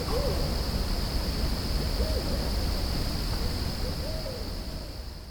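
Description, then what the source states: Barred owl giving three spaced, low hooting notes, each a short rising-then-falling phrase, over a steady high whine. Barred owls calling at Mountain Lake, Virginia, under a bright moon near midnight on August 5, 2017.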